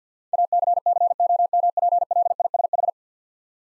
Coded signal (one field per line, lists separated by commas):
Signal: Morse code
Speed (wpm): 50 wpm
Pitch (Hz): 700 Hz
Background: none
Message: ACCOMPLISH